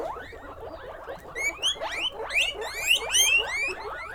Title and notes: Yanuna_Paisajes. CORRAL_CUY. en Pujilí - Ecuador 2019